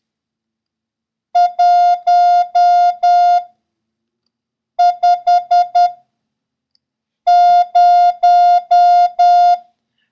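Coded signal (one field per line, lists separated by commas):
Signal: Morse code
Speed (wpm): 10 wpm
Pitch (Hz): 710 Hz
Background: music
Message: 150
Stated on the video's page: Morse code lesson covering the letters S, O, R and the number 1, with random practice runs.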